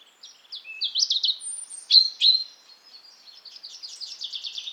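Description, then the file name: European robin singing: clear sliding high notes and a thin whistle, then two loud accents and a long, rapidly repeated trill. "Erithacus rubecula"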